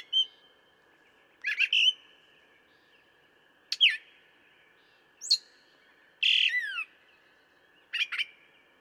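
Brown thrasher song: short, varied phrases of sharp chirps, slurred whistles and buzzy notes, delivered in bursts about every one to two seconds over a faint steady hum.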